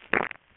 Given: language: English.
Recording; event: throat vibration sensor signal played as sound; swallow